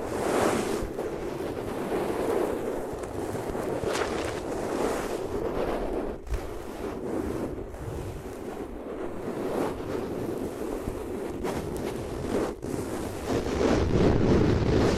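Ears rub against different materials in a dense, continuous low rushing scrape, steady throughout with brief dips and soft knocks near six and twelve seconds.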